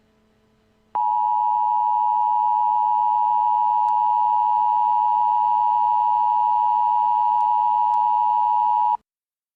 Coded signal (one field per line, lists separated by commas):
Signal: Emergency Alert System (SAME) tones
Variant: 853 and 960 Hz attention tone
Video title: EAS SCENARIO: Wendy Britt's 5 Grandchildren (WARNING! May Contain Cussing & Loud Sirens)